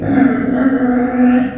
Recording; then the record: squeal of a Yucatan mini pig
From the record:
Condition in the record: after surgery on the right vocal fold (resection and tissue-engineered implant); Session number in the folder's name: 3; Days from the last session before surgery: 21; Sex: female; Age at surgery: 19 weeks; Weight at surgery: 25 kg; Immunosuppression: prednisolone